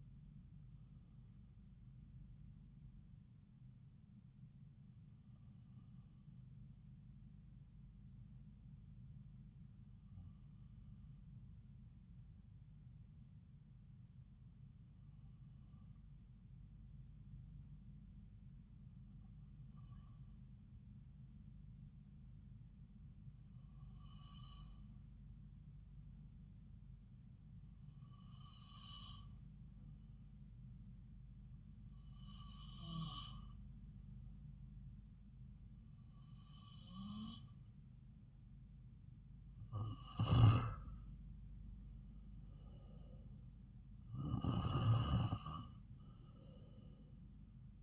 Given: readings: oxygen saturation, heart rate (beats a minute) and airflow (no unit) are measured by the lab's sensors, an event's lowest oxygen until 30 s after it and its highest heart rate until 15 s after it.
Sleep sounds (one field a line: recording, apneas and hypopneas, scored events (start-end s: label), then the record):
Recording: breathing in sleep by a smartphone at the bedside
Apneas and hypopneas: 1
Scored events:
5.00-39.20 s: hypopnea (REM, oxygen 97% highest, then 92% lowest)
From the record:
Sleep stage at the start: REM sleep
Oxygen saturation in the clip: 90 to 97%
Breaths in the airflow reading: 11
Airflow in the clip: -3.4 to 4.0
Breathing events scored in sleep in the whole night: 270 in 6.1 hours asleep